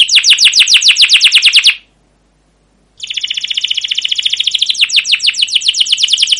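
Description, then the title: Canary song with fast repeated downslurred chirps, a brief pause of about a second, then a long, even rolling trill. Singing canary used as a lure to train other canaries; described as chirping with long rolling song. "CUIT CUIT NGEROL LANGSUNG GACOR PANJANG Kenari Ini AMPUH Utk Pancingan KENAR. Masteran Suara Burung Kenari Gacor Panjang cuit cuit Ngerol untuk Pancingan Kenari!"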